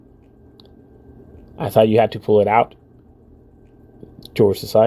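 The small battery cable connector inside a Nintendo Switch Joy-Con is lifted straight up off its circuit board socket to unplug it, giving a short sharp click at 0.6 s and a faint tick at 4.0 s. Someone talks in the middle and at the end of the clip. The battery cable comes free of its socket.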